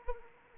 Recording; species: mosquito wingbeat signal from an infrared sensor; Anopheles arabiensis